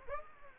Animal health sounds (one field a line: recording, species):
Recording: mosquito wingbeat signal from an infrared sensor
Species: Aedes aegypti